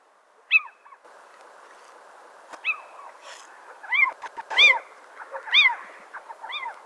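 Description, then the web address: Little owl giving short arched yelping calls, rising then falling, repeated irregularly about once a second, over a steady hiss. "athene noctua call"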